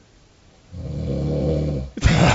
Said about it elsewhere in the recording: Me sawing Z's. It's regular, so I don't know if I have apnea.